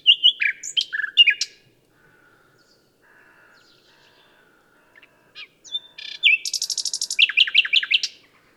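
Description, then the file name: Common nightingale song: varied chirps, a pause, then a buzzy high trill and a run of loud repeated sliding notes. "Luscinia megarhynchos"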